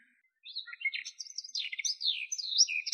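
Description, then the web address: Garden warbler song, a fast rambling warble of varied chirps and rolling phrases, starting after a brief pause and running continuously to the end. "Sylvia borin"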